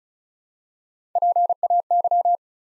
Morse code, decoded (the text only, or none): PAY